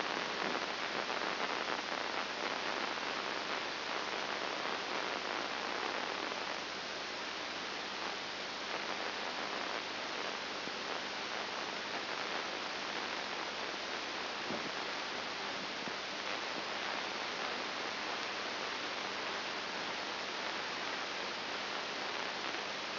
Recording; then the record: brain microelectrode recording played as sound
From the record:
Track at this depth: inside the subthalamic nucleus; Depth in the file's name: 4.901 mm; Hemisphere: left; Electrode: 2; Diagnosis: Parkinson's disease